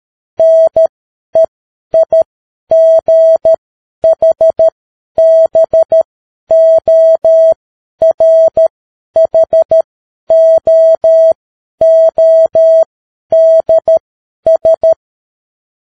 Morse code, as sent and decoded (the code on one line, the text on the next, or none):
-. . .. --. .... -... --- .-. .... --- --- -.. ...
NEIGHBORHOODS